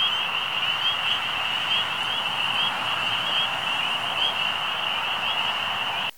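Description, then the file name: Frog or toad chorus of dense, high, rapid trills running steadily over a soft hiss, then cutting off abruptly at the end. Recorded on 11 May 2009. "BatraciensCamions 2009-05-11"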